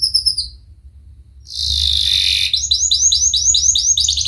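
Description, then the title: Canary singing a few high whistled notes, a pause, then a buzzy sustained trill followed by quick repeated chirping notes, over a faint low hum. Chatty, constantly singing canary with its best melodic phrasing (cengkok) and richest fill-in notes (isian). "Kenari Gacor Cengkok Terbaik Isian Paling Mewah"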